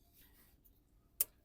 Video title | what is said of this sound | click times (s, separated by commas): Mercedes GLE 2021 Front Brake Pads Replacement and Wear Sensor Installation - Sanu Motors | Right, you can hear the click sound. | 1.2 s